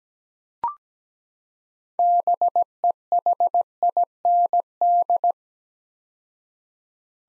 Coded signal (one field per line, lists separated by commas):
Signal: Morse code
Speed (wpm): 17 wpm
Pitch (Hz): 700 Hz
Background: none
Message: BEHIND